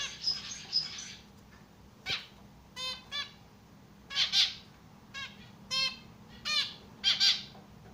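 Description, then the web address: Society finch giving harsh, nasal, buzzy call notes in short, irregularly spaced bursts against a low steady background hum. Domestic society finches shown biting and singing. "amadiny kusayut i poyut. lonchura striata domestica"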